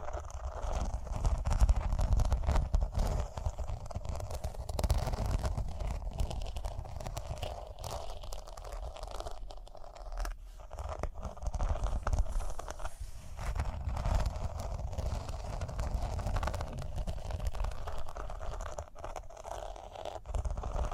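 Rhinestones are tapped, scratched and brushed in a steady, dense run of small clicks and rubbing strokes lasting the whole time. A low rumbling thump runs underneath throughout, with brief quieter dips around ten and thirteen seconds.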